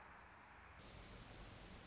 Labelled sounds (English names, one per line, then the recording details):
Anna's Hummingbird
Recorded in Sonoma County, California